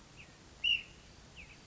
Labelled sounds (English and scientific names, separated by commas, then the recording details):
Ash-throated Flycatcher (Myiarchus cinerascens)
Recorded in Sonoma County, California